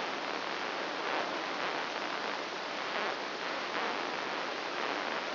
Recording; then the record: brain microelectrode recording played as sound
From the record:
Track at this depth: outside the subthalamic nucleus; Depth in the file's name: 0.089 mm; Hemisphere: right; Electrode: 2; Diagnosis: Parkinson's disease